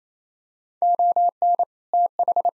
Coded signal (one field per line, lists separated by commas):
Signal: Morse code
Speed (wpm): 28 wpm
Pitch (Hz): 700 Hz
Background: none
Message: ON TH